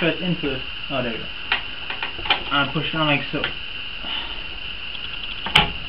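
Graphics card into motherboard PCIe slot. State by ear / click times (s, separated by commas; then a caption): seated / 5.6 s. A graphics card is pushed down into a motherboard's PCIe slot while someone talks, with a few small knocks and clicks as it is lined up. At 5.6 s the slot's retention clip snaps sharply, and the card is seated.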